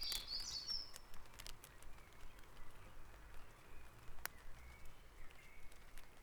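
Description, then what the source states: Bird song: a quick burst of bright, high twittering notes in the opening second, then only faint thin whistles over constant low rumbling background noise. Dawn chorus recorded at Back Dragon Avenue, Harrogate, as part of a sound map of Harrogate.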